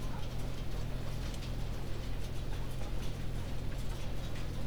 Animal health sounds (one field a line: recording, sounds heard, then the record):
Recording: poultry house recording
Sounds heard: healthy chickens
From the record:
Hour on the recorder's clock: 20